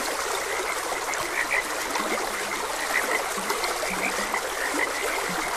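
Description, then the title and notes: Frog croaks, short and repeated, overlap in a dense chorus; a few deeper notes sound under steady running stream water. Frogs croaking beside a gentle stream. "Gentle Stream and Frogs Croaking. Sleep and Relaxation Podcast"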